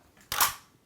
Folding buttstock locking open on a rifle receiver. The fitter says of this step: into place locks into place and you're ready to go